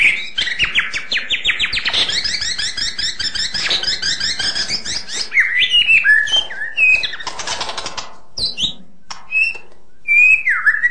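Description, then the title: White-rumped shama singing a rapid high trill of sharp notes, then harsh chattering bursts and scattered bright whistled phrases separated by short pauses. Full variation song. "mster Mnuk. KICAUAN MURAI BATU"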